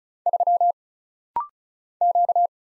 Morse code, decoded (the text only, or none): 3 Q